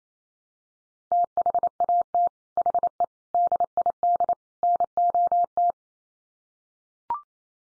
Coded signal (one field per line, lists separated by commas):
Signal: Morse code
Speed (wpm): 28 wpm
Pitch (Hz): 700 Hz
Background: none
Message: THAT HE DID NOT